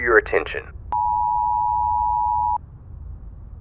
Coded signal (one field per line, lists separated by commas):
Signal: Emergency Alert System (SAME) tones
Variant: 853 and 960 Hz attention tone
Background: speech